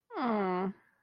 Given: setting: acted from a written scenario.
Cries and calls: vocal sound without words; sympathy

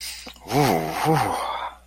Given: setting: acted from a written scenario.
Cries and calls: vocal sound without words; ecstasy

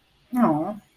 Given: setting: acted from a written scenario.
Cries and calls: vocal sound without words; disappointment

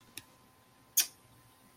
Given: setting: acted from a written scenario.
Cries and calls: vocal sound without words; guilt

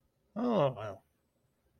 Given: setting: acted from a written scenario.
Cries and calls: vocal sound without words; relief

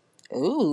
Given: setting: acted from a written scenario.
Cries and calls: vocal sound without words; disgust

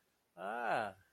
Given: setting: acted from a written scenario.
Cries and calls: vocal sound without words; realization

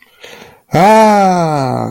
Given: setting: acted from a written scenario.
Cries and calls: vocal sound without words; ecstasy

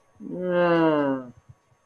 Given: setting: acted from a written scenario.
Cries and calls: vocal sound without words; embarrassment

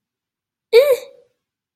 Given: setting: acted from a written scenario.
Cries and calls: vocal sound without words; neutral

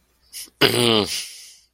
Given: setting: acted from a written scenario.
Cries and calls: vocal sound without words; embarrassment

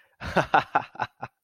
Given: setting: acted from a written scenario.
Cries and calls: vocal sound without words; amusement

